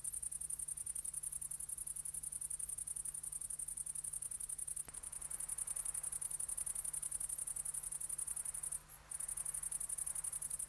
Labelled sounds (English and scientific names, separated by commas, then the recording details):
Great Green Bush-cricket (Tettigonia viridissima) stridulation
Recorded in the wild
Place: Treuchtlingen, Heumöderntal, Bayern, DE
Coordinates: 48.96, 10.91
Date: 1993-09-02 14:46
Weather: 18 °C
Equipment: Marantz CP 430, Sennheiser MKH 416 T, Kopie Uher Variocord 263
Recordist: Tembrock, Günter